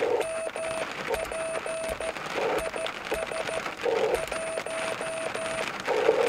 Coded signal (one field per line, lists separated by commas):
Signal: Morse code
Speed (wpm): 14 wpm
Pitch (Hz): 650 Hz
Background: none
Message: MP IS 1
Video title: QSO CW DX